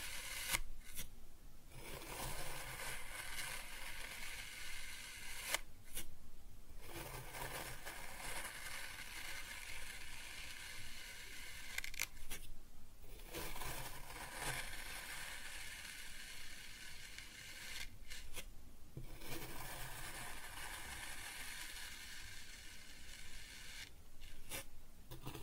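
Kinetic sand is cut and scooped in a steady run of soft, gritty scraping and crumbling that fills most of the clip. Brief quiet gaps fall near 1, 6, 13, 18 and 24 seconds, where one stroke ends before the next begins.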